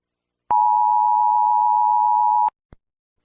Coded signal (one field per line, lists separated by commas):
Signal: Emergency Alert System (SAME) tones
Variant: 853 and 960 Hz attention tone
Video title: Rating eas alarms from different countries